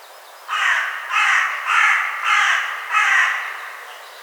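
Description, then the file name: Carrion crow giving five rasping caws, evenly spaced roughly every 0.6 seconds, harsh and grating, against a quiet background. "Corvus corone"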